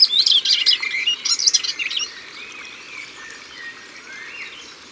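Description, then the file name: Melodious warbler giving a short burst of hurried, chattering song notes for about two seconds, then quiet apart from faint bird whistles and low hiss. Recorded at the water's edge. "Hypolais polyglotte Au bord de leau"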